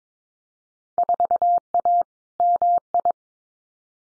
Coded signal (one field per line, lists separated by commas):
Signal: Morse code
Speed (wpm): 22 wpm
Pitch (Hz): 700 Hz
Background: none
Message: 4A MI